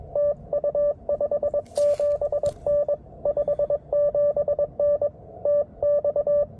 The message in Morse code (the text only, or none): TU57N 57N TX